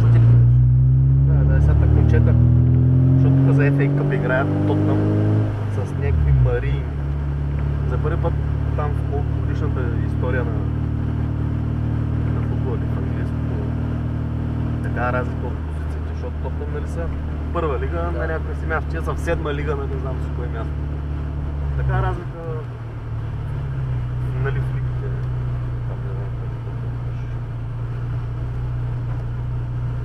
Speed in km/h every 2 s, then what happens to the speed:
26, 36, 41, 43, 43, 46, 47, 47, 46, 44, 43, 42, 39, 30, 19.
0-14 speeds up to 47. 14-30 slows to 19.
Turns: none.